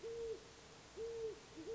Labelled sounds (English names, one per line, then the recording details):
Great Horned Owl
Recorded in Sonoma County, California